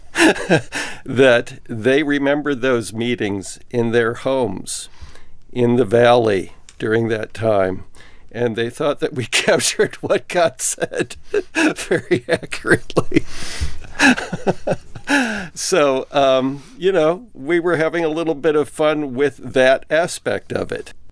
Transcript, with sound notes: that they remember those meetings in their homes in the Valley during that time. And they thought that we captured what got said very accurately. (Laughter) So, you know, we were having a little bit of fun with that aspect of it.